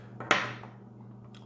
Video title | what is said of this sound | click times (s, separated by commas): Yocan Hive 2 How to / Review | real quick they are magnetic connections there are no threads they just click right in which is a nice easy | 0.3 s